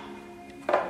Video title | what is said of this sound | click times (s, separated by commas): Shop Update Series - Episode 11 | front piece goes on, right? Slips in place, locks in place, and it goes through the side of the | 0.7 s